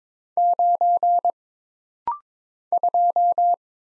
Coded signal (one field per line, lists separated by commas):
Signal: Morse code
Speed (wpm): 22 wpm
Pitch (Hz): 700 Hz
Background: none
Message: 9 2